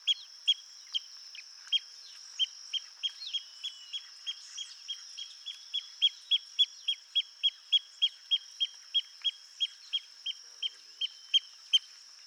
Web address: Pearl kite. صدای-پرنده-کورکور-مرواریدی